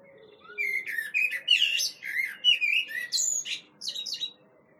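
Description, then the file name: Common blackbird: a rapid string of sharp, high chattering notes lasting several seconds over a soft low background hum. "Turdus merula"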